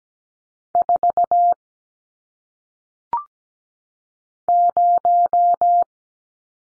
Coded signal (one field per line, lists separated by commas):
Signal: Morse code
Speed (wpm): 17 wpm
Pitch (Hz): 700 Hz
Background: none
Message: 4 0